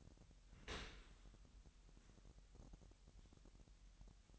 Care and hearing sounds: daily activity, microphone in the room; open dishwasher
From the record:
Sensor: 3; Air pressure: 998.3 hPa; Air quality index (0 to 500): 150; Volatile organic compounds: 5 ppm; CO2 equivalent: 1795 ppm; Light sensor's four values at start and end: 13/39/16/14 and 13/39/16/14

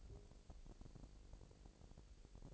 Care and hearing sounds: daily activity, microphone in the room; take from stove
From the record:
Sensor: 5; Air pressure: 1002.1 hPa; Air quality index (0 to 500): 249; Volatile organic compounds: 9 ppm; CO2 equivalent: 2149 ppm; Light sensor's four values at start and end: 23/49/22/24 and 23/49/21/24

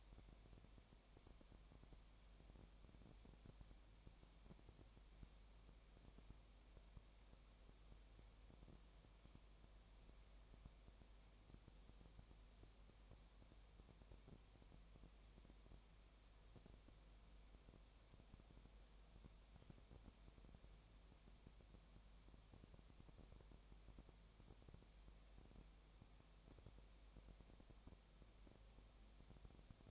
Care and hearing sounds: daily activity, microphone in the room; no activity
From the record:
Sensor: 1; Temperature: 19.7 degrees Celsius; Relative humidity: 37.0%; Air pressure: 1007.2 hPa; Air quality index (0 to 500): 144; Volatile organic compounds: 5 ppm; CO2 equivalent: 1760 ppm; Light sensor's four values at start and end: 1/2/1/1 and 1/2/1/1

